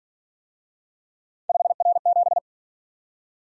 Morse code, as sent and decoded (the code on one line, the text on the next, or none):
..... .-. --...
5R7